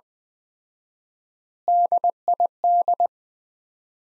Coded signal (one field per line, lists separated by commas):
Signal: Morse code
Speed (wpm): 20 wpm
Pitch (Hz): 700 Hz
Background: none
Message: DID